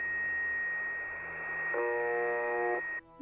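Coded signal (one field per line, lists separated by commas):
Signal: channel marker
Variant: UVB-76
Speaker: it can simply be described as a short monotonous buzzing tone the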